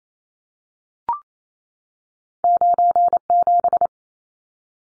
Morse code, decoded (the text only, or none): 97